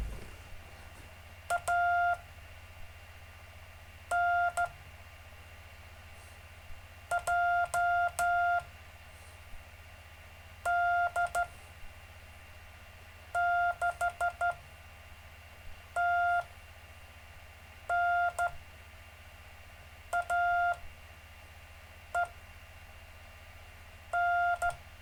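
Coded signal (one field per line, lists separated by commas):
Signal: Morse code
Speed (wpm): 13 wpm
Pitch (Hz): 700 Hz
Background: none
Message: ANJD6TNAEN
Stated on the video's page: Live stream of gentle Morse code practice.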